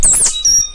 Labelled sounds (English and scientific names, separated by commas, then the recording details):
Stitchbird (Notiomystis cincta) song
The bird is a male
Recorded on Tiritiri Matangi Island, New Zealand, in 2005
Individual 12, of nest box 16